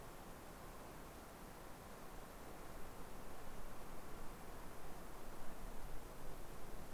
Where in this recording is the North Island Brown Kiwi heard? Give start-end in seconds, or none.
none